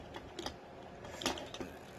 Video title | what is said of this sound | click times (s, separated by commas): Transformers Earthrise Astrotrain | bring it down snap | 1.3 s